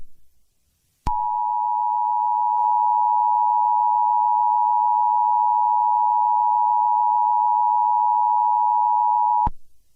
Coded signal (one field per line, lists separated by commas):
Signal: Emergency Alert System (SAME) tones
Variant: 853 and 960 Hz attention tone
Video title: AN fAKE EAS video